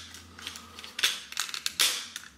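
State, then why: Not seated. A plastic panel of a Transformers Titans Return Sixshot robot figure is handled and pressed toward its spot during transformation, giving a series of sharp plastic ticks and scrapes, with the loudest at 1.0 s and 1.8 s. The part has not clipped into place yet; nothing has seated.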